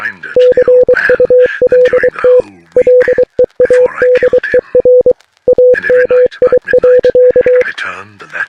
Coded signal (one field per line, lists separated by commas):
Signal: Morse code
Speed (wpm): 23 wpm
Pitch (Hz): 500 Hz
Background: speech, radio noise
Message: CULT LEADER AMI.